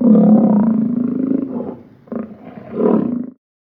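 Lion giving a long, deep, rumbling roar that fades, followed by two shorter grunting roars before silence.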